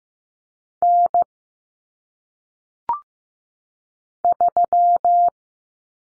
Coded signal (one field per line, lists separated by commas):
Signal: Morse code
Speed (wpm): 15 wpm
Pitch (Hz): 700 Hz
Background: none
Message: N 3